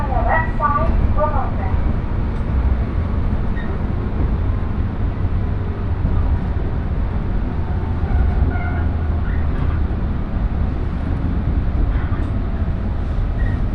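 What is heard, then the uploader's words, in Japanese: Onboard a Shinano Railway train, a steady low rumble runs throughout, with faint speech near the start and brief squeals around nine and twelve seconds. しなの鉄道・北陸新幹線 小諸→上田→長野。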